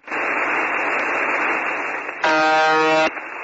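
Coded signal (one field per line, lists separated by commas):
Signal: channel marker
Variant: UVB-76, The Buzzer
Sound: shortwave hiss, then one short harsh low buzz of under a second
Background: radio static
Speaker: they say it's been going like this since the start whenever that was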